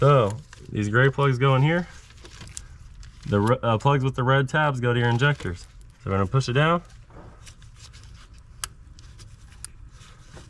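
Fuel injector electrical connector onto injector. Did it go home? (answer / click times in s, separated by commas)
no / none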